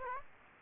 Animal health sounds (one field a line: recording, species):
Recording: mosquito wingbeat signal from an infrared sensor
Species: Aedes aegypti